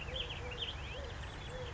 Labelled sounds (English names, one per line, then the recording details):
Eurasian Collared Dove
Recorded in Sonoma County, California